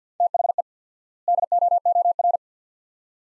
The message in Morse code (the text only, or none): THE DOOR